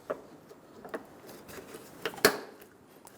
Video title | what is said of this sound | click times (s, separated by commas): How to Replace Front Bumper Brackets 2007-2011 Toyota Camry | install the bumper bracket it'll click into place in the back | 2.2 s